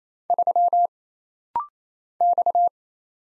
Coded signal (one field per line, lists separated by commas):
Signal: Morse code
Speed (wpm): 28 wpm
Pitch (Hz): 700 Hz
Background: none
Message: 3 X